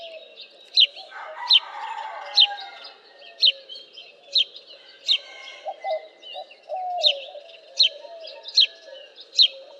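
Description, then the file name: House sparrow giving clear, sharp chirps, roughly one a second, over background noise. "Passer domesticus"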